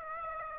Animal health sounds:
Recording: mosquito wingbeat signal from an infrared sensor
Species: Aedes aegypti

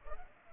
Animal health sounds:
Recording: mosquito wingbeat signal from an infrared sensor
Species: Culex pipiens

